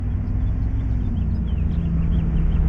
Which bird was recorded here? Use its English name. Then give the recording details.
House Finch. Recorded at Neponsit on Long Island, New York, on 4 June 1975. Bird B